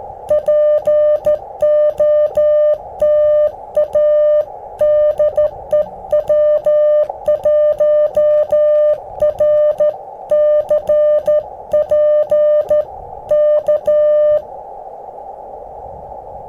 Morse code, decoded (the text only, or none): POTA DE W1RCP K